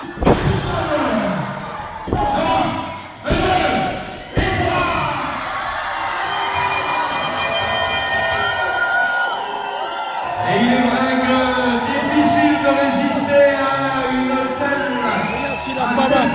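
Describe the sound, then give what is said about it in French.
Three heavy, booming thuds of a wrestler being slammed onto the ring mat with a piledriver in quick succession, followed by a long swell of crowd cheering, whooping and excited shouting. “Monsieur, il a fait le marteau au pilon.”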